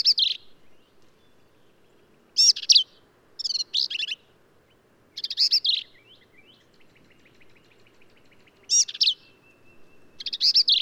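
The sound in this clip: Black-capped vireo giving rough, chattering high phrases separated by pauses, with a faint thin trill running through the middle.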